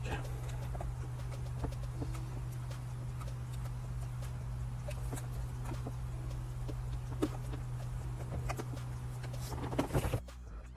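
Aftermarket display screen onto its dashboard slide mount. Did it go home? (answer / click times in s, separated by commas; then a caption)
no / none. An aftermarket Android head-unit screen is slid onto its slide mount in the dash of a W205 Mercedes-Benz, with light clicks as it almost engages and sharper ticks near 7.2 s and 9.8 s over a steady low hum. The screen pops back off the slide without locking, so nothing has seated or clicked into place yet.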